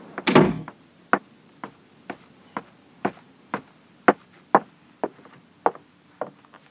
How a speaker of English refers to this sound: When I arrived, a boy opened the door and let me in.